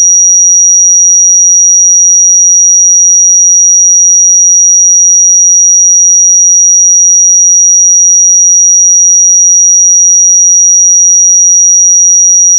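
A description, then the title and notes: A pure sine tone holds one steady, high, thin pitch at constant loudness for the full thirteen seconds, with no other sounds. 5759 Hz 1 Hz Interval Sine Pure Tone Frequency 441000 Sample Mono.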